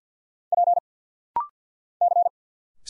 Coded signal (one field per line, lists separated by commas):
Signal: Morse code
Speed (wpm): 50 wpm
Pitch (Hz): 700 Hz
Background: none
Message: P C